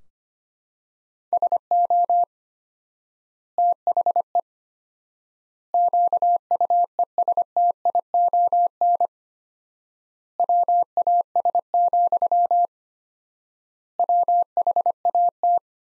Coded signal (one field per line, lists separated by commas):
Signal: Morse code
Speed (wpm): 25 wpm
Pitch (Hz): 700 Hz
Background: none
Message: SO THE QUESTION WAS, WHAT